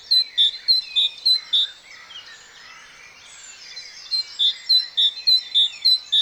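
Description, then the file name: Great tit calling in two short bursts of bright, evenly spaced notes, a quiet gap between them, with other birds chirping in the background. "Parus major"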